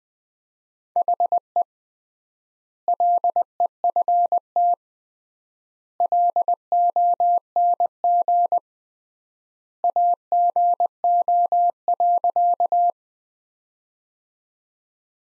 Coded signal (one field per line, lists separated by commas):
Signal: Morse code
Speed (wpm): 20 wpm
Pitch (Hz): 700 Hz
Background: none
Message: HE LEFT LONG AGO.